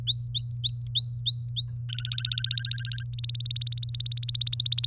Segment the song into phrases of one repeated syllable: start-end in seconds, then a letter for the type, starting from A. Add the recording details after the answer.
0.07-1.77 A, 1.89-3.03 B, 3.13-4.87 C. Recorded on 24 April 2018 at 06:01. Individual llb3